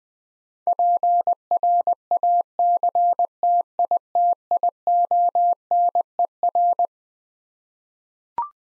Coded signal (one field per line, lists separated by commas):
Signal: Morse code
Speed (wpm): 21 wpm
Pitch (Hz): 700 Hz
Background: none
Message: PRACTITIONER